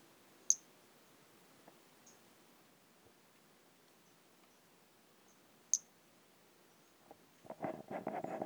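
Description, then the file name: Brachycephalus albolineatus giving two isolated high, sharp chirps several seconds apart, with rustling and handling noise toward the end. "Brachycephalus albolineatus"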